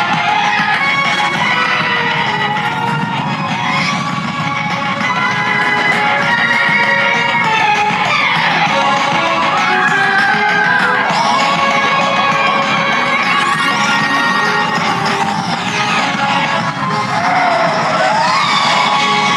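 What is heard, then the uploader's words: Inside an indoor roller coaster, a loud, constant rush of rumbling noise fills the whole ride. Over it, swooping electronic tones slide up and down, and scattered yells from riders come through near the end. Disneyland - Space Mountain.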